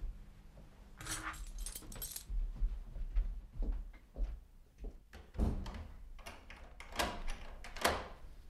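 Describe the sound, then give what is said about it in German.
Hotel room keys jangle in bright, metallic bursts as they are handed over for room number 1, with a short clatter early on and a longer rattling stretch later, amid soft thumps and shuffling handling noises. “Der Schlüssel, bis Mittag räumen.”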